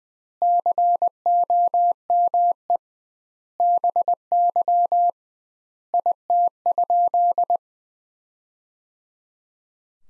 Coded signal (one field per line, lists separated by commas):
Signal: Morse code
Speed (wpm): 20 wpm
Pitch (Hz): 700 Hz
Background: none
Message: COME BY IT?